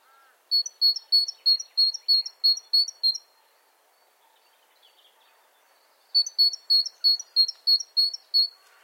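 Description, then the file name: Great tit delivering two bursts of ringing two-note phrases, several each, separated by a three-second silence with faint background sounds. "Parus major"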